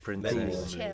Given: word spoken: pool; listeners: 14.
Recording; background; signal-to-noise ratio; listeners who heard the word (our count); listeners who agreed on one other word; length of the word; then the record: one English word in noise, from a listening test; four-talker babble; -2.8 dB; 0 of 14; 8 of 14; 0.53 s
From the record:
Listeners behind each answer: 8, 3, 1, 1, 1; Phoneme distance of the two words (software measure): 48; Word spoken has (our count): 1 syllable, 3 phonemes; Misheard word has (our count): 2 syllables, 7 phonemes, stress on syllable 2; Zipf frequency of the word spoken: 4.54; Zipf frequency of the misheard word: 4.47